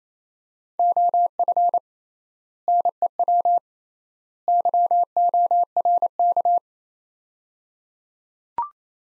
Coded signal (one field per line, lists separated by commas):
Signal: Morse code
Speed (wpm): 28 wpm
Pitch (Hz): 700 Hz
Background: none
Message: OF NEW YORK